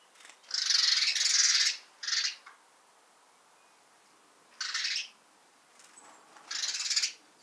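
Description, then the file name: House sparrow chattering chirps in long harsh bursts, repeated irregularly with short pauses between groups. "Passer domesticus"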